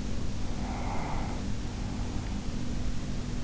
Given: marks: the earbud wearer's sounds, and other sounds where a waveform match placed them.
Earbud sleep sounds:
sounds in sleep by an in-ear microphone; breath
0.49-3.11 s: breath

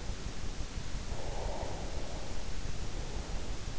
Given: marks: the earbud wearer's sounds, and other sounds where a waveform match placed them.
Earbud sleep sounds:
sounds in sleep by an in-ear microphone; breath
1.15-3.02 s: breath

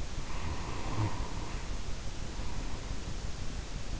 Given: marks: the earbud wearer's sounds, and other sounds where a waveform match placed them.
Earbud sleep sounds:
sounds in sleep by an in-ear microphone; snoring breath
0.01-3.15 s: snoring breath

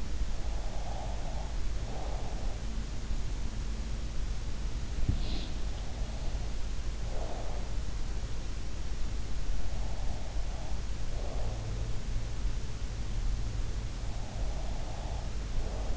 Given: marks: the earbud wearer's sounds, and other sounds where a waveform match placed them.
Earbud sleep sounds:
sounds in sleep by an in-ear microphone; breath
0.58-2.76 s: breath
4.94-5.39 s: sound from someone else or the room
5.97-7.79 s: breath
10.04-12.08 s: breath
14.17-15.97 s: breath

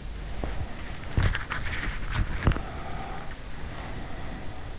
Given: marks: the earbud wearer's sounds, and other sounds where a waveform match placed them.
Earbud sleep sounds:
sounds in sleep by an in-ear microphone; breath, teeth grinding
0.34-1.57 s: breath
1.21-2.69 s: teeth grinding
2.38-4.79 s: breath

